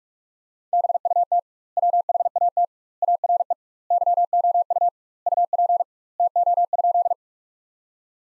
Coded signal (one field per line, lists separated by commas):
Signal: Morse code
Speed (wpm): 41 wpm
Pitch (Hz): 700 Hz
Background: none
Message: BUT WHAT ARE YOU UP TO?